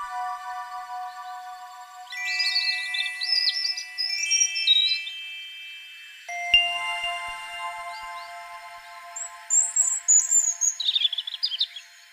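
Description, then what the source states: European Robin giving two bursts of thin, high, tumbling warbles separated by a quiet gap, with soft instrumental music droning underneath. Recorded in Berlin in October 2023.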